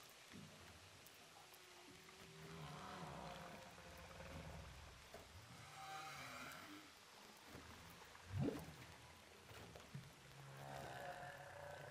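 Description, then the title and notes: Humpback whale moans and faint tonal wails underwater, with one sharp rising whoop near the end, over steady hissing sea noise. Humpback whales recorded underwater with a DPA hydrophone off Saint-Paul, Réunion. "Baleines à bosse enregistrées à l'hydrophone DPA au large de saint Paul de la réunion"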